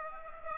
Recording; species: mosquito wingbeat signal from an infrared sensor; Aedes aegypti